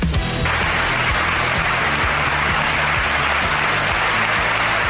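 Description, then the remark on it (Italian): A hall full of people at a book presentation applauds steadily, a dense, loud wash of many hands clapping at once that holds its level for several seconds with no voices over it. “Allora, questo non è l'applauso di un parasport, ma di una sala in cui hai presentato il libro.”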